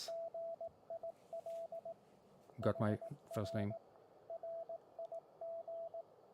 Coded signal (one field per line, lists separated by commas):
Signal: Morse code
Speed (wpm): 18 wpm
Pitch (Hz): 670 Hz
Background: speech, radio noise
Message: GIL HR RIG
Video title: Radio Prepper Livestream on July 7th 2004.